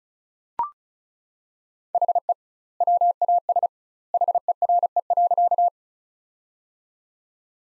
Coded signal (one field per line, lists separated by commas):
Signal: Morse code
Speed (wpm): 36 wpm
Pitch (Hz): 700 Hz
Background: none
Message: HE WAS HERE.